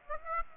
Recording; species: mosquito wingbeat signal from an infrared sensor; Aedes aegypti